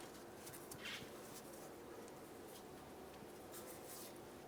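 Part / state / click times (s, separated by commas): oxygen sensor into exhaust pipe bung / not seated / none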